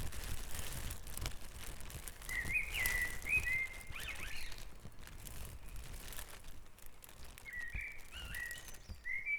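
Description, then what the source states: Bird song, clear whistled notes in two short bursts with a pause between, set against low rumbling background noise. Dawn chorus on Back Dragon Avenue in Harrogate, part of a sound map of the town.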